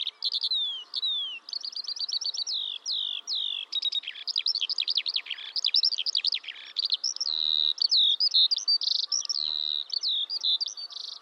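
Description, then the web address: Bird song of stuttering trills, rapid repeated chirps and sliding whistles, varied throughout. "Bird Only"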